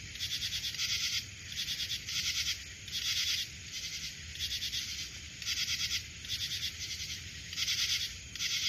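Cricket chirping: repeated bursts of fast pulsed, high-pitched trills over a steady thin high hiss.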